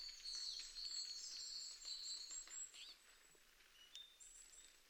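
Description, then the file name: Great tit calling with thin, high notes through the first three seconds, then a few sparse high notes over a soft background hiss. "Parus major"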